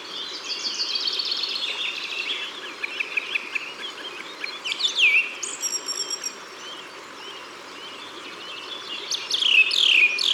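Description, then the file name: Song thrush song: bright, varied whistled phrases with sharp downward sweeps. Recorded in Ardèche, France. "Grive-Musicienne-Concerts-Naturels-De-l Ardeche"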